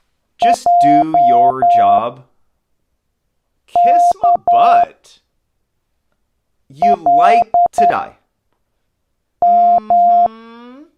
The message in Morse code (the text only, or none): JKLM